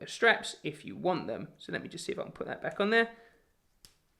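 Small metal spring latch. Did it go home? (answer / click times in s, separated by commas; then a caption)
yes / 3.9 s. Someone talks while refitting a quick-release watch strap into the case lugs of a Garmin Approach S62 smartwatch. After the talking fades, a single sharp tick at 3.9 s marks the strap snapping back into place, seated.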